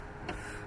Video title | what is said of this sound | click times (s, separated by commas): 2012-2016 Volkswagen Eos Daytime Running Lights Replacement | like so get a nice little push and you'll hear a click | 0.3 s